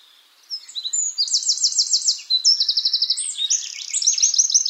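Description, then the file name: Eurasian wren song starting after a short silence, a continuous rush of high, piercing trills and buzzy rattles that runs on to the end. "Troglodytes troglodytes"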